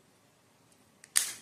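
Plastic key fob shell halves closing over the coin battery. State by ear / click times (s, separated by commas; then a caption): seated / 1.0 s, 1.2 s. After a CR2032 coin battery is replaced in a 2010–2023 Nissan Rogue key fob, the two plastic halves of the shell are pressed back together over the battery. Near silence gives way to a faint click at 1.0 s, then a sharp, louder snap at 1.2 s with a brief bright tail. The case snaps fully shut, and that snap signals the fob is closed.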